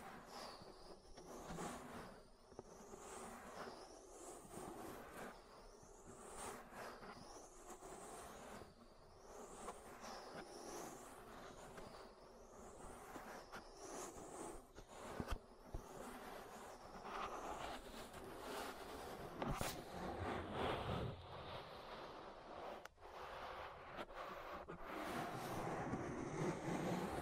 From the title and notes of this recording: ASMR Relaxing Ear Massage. (No Talking).